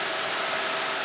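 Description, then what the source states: Chestnut-sided warbler flight call, a single very short high thin note, over steady hiss. Nocturnal flight call.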